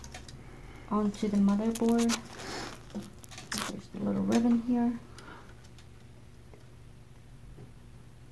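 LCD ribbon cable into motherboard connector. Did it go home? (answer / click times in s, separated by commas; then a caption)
no / none. Someone talks while handling the LCD ribbon cable at its connector on a 3D printer motherboard, with a few faint, brief handling sounds between the speech. Nothing has seated or clicked into the connector yet.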